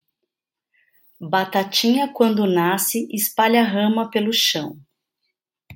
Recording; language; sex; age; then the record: short text; Brazilian Portuguese; female; 40 to 49 years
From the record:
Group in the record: control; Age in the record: 47 years